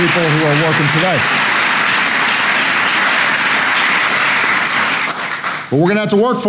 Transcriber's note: applause